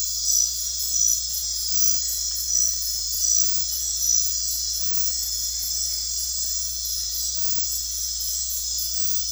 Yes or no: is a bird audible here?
no